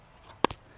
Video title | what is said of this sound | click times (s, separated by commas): A Company GHOSTED us...But we got the AXE anyway! | undo it here, and I guess it just slides in like this, comes over, snaps in place. | 0.4 s